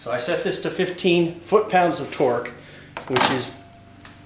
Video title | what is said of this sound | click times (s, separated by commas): How To calibrate a torque wrench | vous pouvez entendre un déclic | 4.0 s